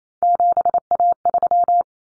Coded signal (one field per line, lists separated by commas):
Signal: Morse code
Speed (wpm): 28 wpm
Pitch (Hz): 700 Hz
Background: none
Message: 7A3